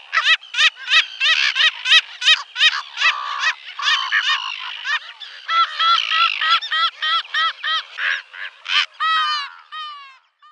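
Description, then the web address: Slender-billed gull calls: rapid, harsh, nasal squawks repeated about three times a second, ending with a few drawn-out wavering cries. Calls given at the nest. "Schulze Peter Slender-billed Gull calls at-nest"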